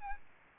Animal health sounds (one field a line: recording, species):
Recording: mosquito wingbeat signal from an infrared sensor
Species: Aedes albopictus